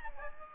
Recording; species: mosquito wingbeat signal from an infrared sensor; Aedes albopictus